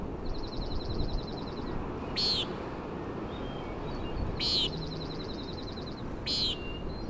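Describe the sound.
Common nighthawk calling a nasal peent every two seconds, three times, alternating with a rapid mechanical-sounding trill over wind and surf.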